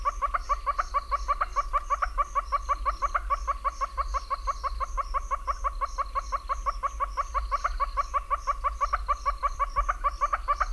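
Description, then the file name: Northern red-billed hornbill giving a fast, continuous run of repeated clucking notes over a low rumble. "Northern Red-billed Hornbill (Tockus erythrorhynchus)"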